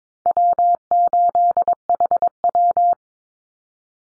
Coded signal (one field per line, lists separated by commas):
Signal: Morse code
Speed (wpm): 22 wpm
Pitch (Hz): 700 Hz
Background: none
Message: W8HW